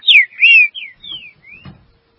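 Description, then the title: Green-winged saltator giving a brief run of slurred whistled notes that fade, ending with a soft knock. "Trinca Ferro"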